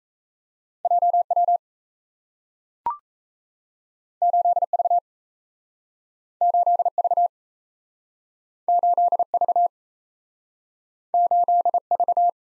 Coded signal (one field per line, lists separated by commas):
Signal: Morse code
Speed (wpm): 38 wpm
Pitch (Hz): 700 Hz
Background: none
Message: JW 8V 8V 8V 8V